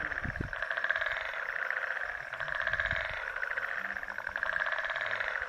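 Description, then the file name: Frog chorus of rapid rattling pulses in overlapping waves, with a few soft low knocks. Frog chorus recorded in Mauritius. "Mauritius Frog Symphony"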